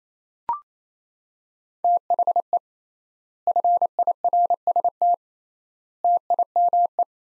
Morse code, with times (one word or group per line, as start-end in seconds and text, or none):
1.8-2.6 THE
3.5-5.1 FIRST
6.0-7.0 TIME